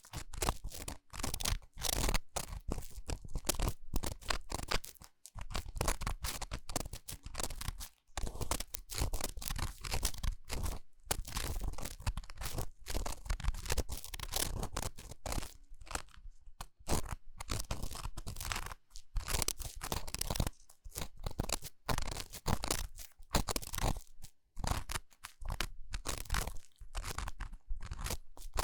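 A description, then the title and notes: Ear cleaning sounds: dense, scratchy rustling and crunching that fills nearly all 29 seconds, with rough bursts of scraping and crinkling. Brief silent gaps break it up irregularly, near 5, 8, 11, 16, 19 and 25 seconds. 台灣ASMR | 雙胞胎幫你掏耳朵 | Twins Ear Cleaning| NO Talking.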